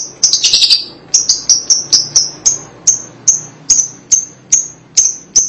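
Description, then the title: Lovebird opening with a short harsh chatter, then a steady series of sharp, piercing high chirps roughly three per second. "BM Suara Burung Lovebird"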